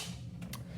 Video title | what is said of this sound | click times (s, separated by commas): Investigation 1.2 | can't see it on the camera frame but you can hear it click down at the bottom | 0.4 s, 0.5 s